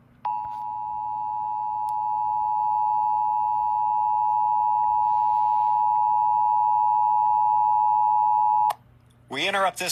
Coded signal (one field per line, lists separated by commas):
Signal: Emergency Alert System (SAME) tones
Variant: 853 and 960 Hz attention tone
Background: speech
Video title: DC AMBER Alert - EAS 90